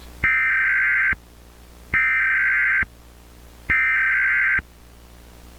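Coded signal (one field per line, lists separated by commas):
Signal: Emergency Alert System (SAME) tones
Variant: header bursts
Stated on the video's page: Fictional analog horror emergency alert scenarios and a hacked television alert about zombies, not real warnings.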